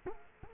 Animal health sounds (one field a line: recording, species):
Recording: mosquito wingbeat signal from an infrared sensor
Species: Culex quinquefasciatus